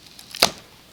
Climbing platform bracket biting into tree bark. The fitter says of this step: pull it down and you know you've done something right when it snaps like that did you hear that snap